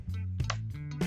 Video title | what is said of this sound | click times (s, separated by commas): Intense Tazer MX Expert E-MTB ⚡ Unboxing & Assembly | and when you hear that click that means it's in there | 0.5 s